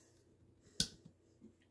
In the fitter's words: Et oui, ça a fait un petit clic.